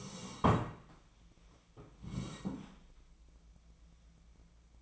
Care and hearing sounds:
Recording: daily activity, microphone in the room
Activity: sit down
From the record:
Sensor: 1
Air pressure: 1012.3 hPa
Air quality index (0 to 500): 172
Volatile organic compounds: 3 ppm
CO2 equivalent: 1410 ppm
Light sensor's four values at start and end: 46/125/51/62 and 46/124/51/62

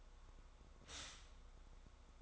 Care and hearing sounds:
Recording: daily activity, microphone in the room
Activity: stop toaster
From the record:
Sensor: 3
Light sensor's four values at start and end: 4/11/4/4 and 4/11/4/4

